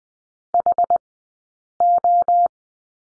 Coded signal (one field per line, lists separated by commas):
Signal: Morse code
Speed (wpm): 20 wpm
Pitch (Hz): 700 Hz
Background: none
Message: HO